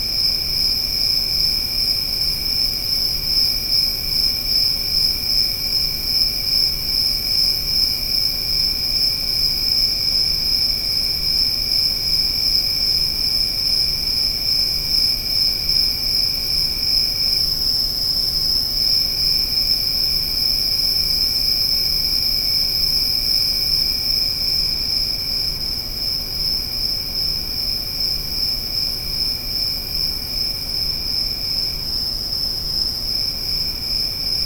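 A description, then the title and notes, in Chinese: Cicadas shrill steadily in a field, a dense, unbroken high whine with a fainter lower buzz, holding nearly constant for the whole stretch. 田间蝉鸣。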